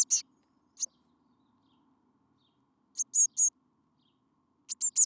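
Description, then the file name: Eurasian blue tit calling with scattered high, short notes, then a trio of bright chips and a closing burst of three rapid buzzy notes. "Cyanistes caeruleus"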